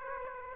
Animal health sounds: mosquito wingbeat signal from an infrared sensor; Aedes aegypti

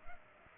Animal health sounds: mosquito wingbeat signal from an infrared sensor; Culex pipiens

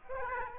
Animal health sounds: mosquito wingbeat signal from an infrared sensor; Aedes aegypti

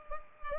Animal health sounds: mosquito wingbeat signal from an infrared sensor; Culex pipiens

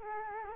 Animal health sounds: mosquito wingbeat signal from an infrared sensor; Culex quinquefasciatus

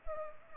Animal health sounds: mosquito wingbeat signal from an infrared sensor; Culex pipiens

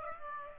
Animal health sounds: mosquito wingbeat signal from an infrared sensor; Aedes aegypti

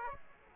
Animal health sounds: mosquito wingbeat signal from an infrared sensor; Aedes aegypti

